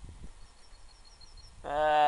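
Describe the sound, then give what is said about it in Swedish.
A bird chirps softly in a quick, evenly spaced series of high, thin notes over a quiet background, and then a louder voice starts up at the end. “En fågelkvitter här.”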